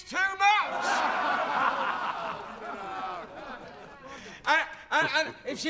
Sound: laughter

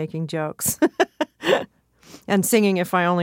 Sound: soundbite of laughter

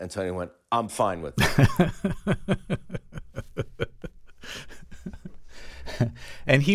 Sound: laughter

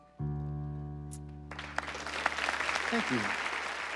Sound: soundbite of applause

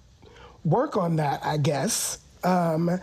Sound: none

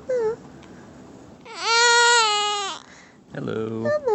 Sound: soundbite of baby crying

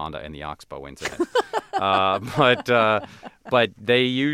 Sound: laughing

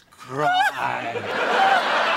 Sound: soundbite of crying; soundbite of laughter

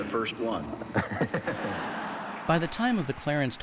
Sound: laughter

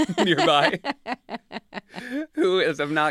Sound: laughter

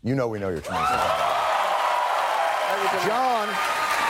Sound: applause

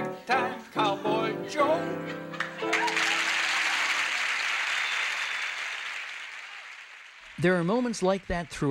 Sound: applause

